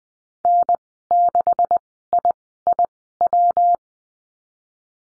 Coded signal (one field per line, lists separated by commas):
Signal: Morse code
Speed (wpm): 19 wpm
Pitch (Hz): 700 Hz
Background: none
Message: N6IIW